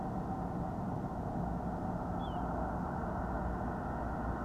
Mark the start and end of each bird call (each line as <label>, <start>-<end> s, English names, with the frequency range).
Little Ringed Plover (2.8-3.6 kHz), 2.20-2.38 s